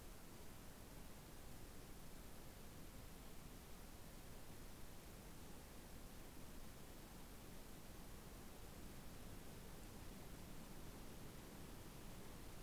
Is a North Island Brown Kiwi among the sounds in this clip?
no